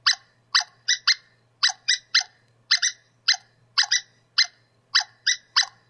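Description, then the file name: Squirrel chattering in harsh chips grouped in pairs and threes, with short gaps between groups, over a faint hum. "suara bajing. omkicau"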